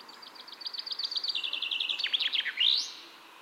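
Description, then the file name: Common chaffinch song: one full phrase of rapid high notes dropping in stages into a rattling run, finished with a sharp upward flourish, over faint background noise. "Fringilla coelebs"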